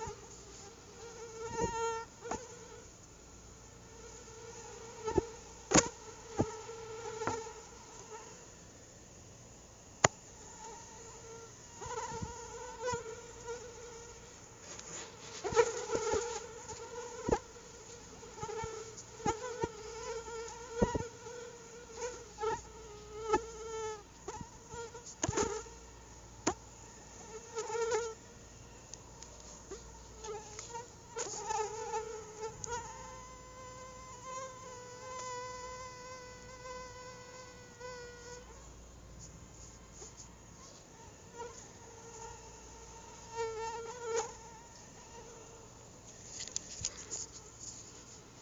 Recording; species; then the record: mosquito flight sound by mobile phone; Anopheles atroparvus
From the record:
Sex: female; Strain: EBRO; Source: CDC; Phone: Google Nexus